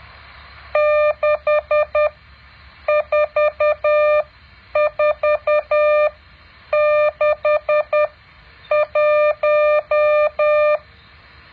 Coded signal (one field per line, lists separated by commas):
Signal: Morse code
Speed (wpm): 10 wpm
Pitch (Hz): 600 Hz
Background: none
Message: 64461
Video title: แบบฝึกหัด Morse code 9.7